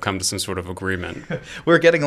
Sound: laughs